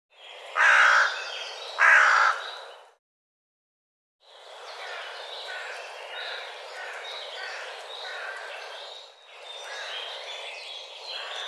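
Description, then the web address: Bird gives two loud, hoarse caws close together, then a long stretch of softer, rough sounds and background noise. "cianscape birddata Deverinetal"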